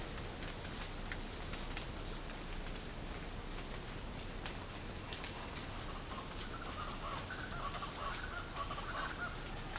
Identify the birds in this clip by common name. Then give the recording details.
Speckled Chachalaca. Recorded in pastures near Puerto Asís, Putumayo, Colombia, on 22 December 2024 at 07:30. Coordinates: 0.496, -76.326. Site G004